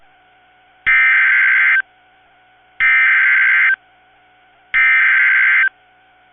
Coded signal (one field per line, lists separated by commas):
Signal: Emergency Alert System (SAME) tones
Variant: header bursts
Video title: Flood Watch (EAS 2057) 9/5/22